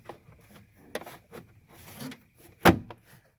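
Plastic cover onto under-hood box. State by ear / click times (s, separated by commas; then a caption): seated / 1.0 s. A plastic cover is pressed onto an under-hood box and snaps into place with a sharp click at 0.96 s, seating it. Softer handling clicks and rustles surround it, with a brief louder thump near 2.7 s.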